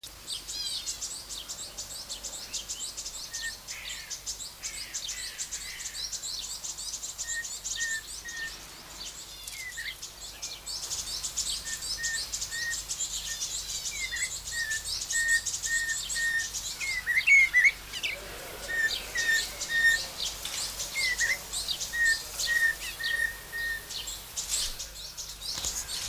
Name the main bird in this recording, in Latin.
Cossypha niveicapilla